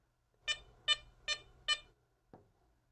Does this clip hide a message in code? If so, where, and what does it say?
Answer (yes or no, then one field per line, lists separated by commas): no